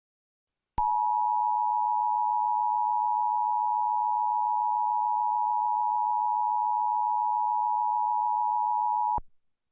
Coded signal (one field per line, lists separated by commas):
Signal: Emergency Alert System (SAME) tones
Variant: 853 and 960 Hz attention tone